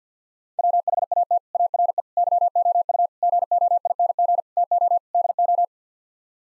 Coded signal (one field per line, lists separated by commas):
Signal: Morse code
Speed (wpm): 50 wpm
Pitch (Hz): 700 Hz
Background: none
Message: WHAT ARE YOU GOING TO DO